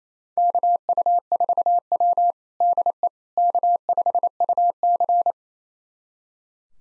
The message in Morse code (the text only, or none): KU4W DE K5UC